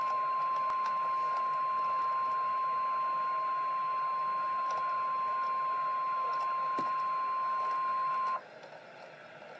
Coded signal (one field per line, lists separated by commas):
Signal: Emergency Alert System (SAME) tones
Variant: 1050 Hz attention tone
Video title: REAL EAS 984-SVR